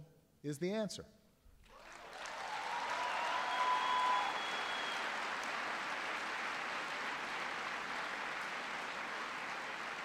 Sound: applause

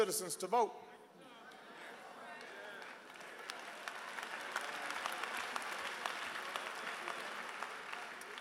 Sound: applause

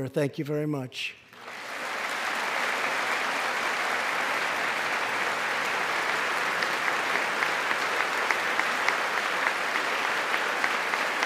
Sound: applause

